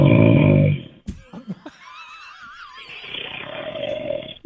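Loud, low, rattling snores from an adult man, heard over the telephone, with a deep growling, bear-like quality, separated by a quieter pause; suspected sleep apnea.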